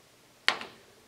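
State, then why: Seated. A greased, o-ringed spool valve part is pushed down into the spool housing of a high pressure pump. It snaps into place with a sharp tick at 0.5 s, followed by a fainter tick at 0.6 s, and the part is seated.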